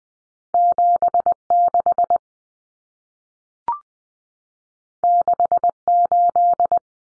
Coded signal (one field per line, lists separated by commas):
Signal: Morse code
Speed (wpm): 20 wpm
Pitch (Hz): 700 Hz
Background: none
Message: 76 68